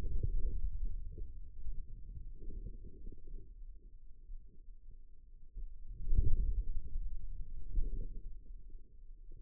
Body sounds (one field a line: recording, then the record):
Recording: forearm muscle sounds (acoustic myography)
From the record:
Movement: hand closing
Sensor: system 2, bracelet of six BSWA MPA416 microphones around the upper forearm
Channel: 4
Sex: male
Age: 22 years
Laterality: right